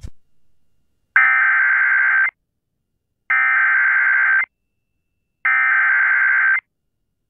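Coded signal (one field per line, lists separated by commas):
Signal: Emergency Alert System (SAME) tones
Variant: header bursts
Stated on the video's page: Broadcast on WBAP-AM.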